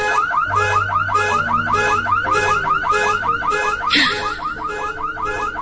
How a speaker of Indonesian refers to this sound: terdengar suara alarm mobil berbunyi keras.